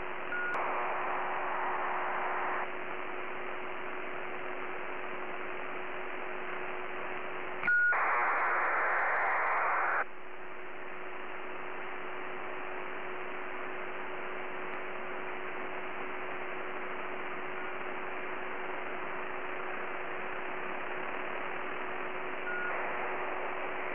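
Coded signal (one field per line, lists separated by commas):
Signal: ACARS aircraft data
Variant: HFDL (HF ACARS)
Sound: three short hissing data bursts, one opening with a brief steady tone, over static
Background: radio static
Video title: HF ACARS USB 5514kHz Molokai Hawaii Asia pacific night time map result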